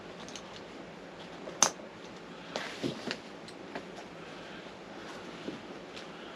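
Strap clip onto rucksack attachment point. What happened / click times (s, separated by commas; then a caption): The plastic strap clip snapped into place / 1.6 s. A strap clip is pushed onto a rucksack attachment point while the remaining clips are fitted and the straps are levelled. Over a steady low background hum and a few soft handling taps, the second clip snaps on with a sharp, loud click at 1.6 s. The clip is seated and the straps are attached.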